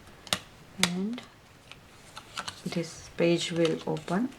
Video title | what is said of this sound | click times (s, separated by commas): Easy and Elegant Mini Album Tutorial #6 | You can see, you can hear the click, | 0.3 s